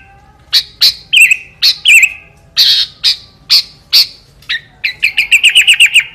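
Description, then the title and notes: Sooty-headed bulbul chirps, sharp notes spaced about half a second apart, then a quick run of repeated rattling notes. Recording meant as masteran, a tutor recording for training other songbirds. "suara burung kutilang buat masteran"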